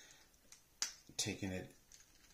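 The plastic head of a Marvel Legends Retro TAS Hobgoblin action figure is handled and pushed back toward the neck peg on the figure's body after an accessory is fitted; an earlier push gave no audible snap. Faint handling ticks come at 0.5 s, a sharper tap at 0.8 s, then someone talks, with small ticks near 1.9 s and 2.4 s. Nothing has seated or clicked yet.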